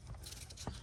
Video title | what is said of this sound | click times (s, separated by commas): 2009 Mercedes Benz R320 Bluetec A/C Condenser Replacement | and it just snaps back in place. | 0.5 s, 0.7 s